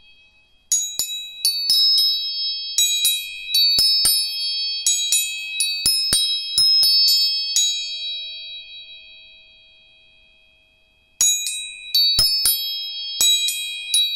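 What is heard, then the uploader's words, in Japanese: Tuning forks are struck again and again in quick, uneven clusters, each tap a sharp click followed by bright, high, steady ringing tones that linger. After about eight seconds the ringing fades into near silence, then the strikes resume around eleven seconds. 音叉チューニング全体性。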